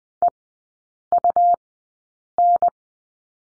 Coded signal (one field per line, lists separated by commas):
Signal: Morse code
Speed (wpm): 20 wpm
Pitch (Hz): 700 Hz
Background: none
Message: EUN